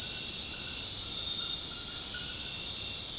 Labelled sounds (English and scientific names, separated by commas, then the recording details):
none
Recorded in secondary vegetation near Puerto Asís, Putumayo, Colombia, on 19 March 2025 at 20:30
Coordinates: 0.502, -76.326
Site G100